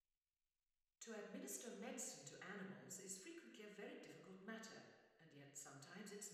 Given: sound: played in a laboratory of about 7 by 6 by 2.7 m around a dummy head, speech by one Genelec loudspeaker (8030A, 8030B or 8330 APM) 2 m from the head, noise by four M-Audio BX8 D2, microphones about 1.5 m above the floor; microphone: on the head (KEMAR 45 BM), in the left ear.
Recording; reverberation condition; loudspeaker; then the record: female speech in English; high; 120 degrees to the left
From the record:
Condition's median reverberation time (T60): about 1300 ms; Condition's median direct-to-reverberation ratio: about -4.0 dB